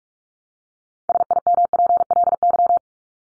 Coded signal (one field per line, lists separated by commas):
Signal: Morse code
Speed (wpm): 44 wpm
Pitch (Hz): 700 Hz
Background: none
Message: SIMPLY